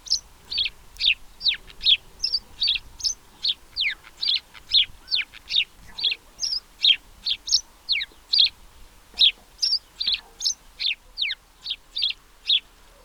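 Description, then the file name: House sparrow chirping steadily, a long run of bright, sharp chirps varying slightly in pitch, with no other clear sounds. "Passer domesticus"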